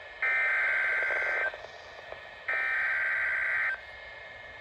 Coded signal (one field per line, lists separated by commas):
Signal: Emergency Alert System (SAME) tones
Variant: header bursts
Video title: EAS Alerts from March 10, 2024 [EAS #1,232-1,239]